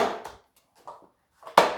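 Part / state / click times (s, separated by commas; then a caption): shelf panel into a metal shelving unit frame / seated / 1.6 s. A metal shelf panel is pushed into the frame of a black and yellow metal storage shelving unit. A loud, fading metallic sound at the start and a small knock at 0.3 s give way to quiet scraping, then a short tap at 1.5 s. A sharp, loud snap at 1.6 s rings out as the panel seats home in the frame.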